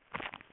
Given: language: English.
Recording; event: throat vibration sensor signal played as sound; swallow